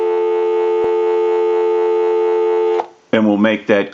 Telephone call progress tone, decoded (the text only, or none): dial tone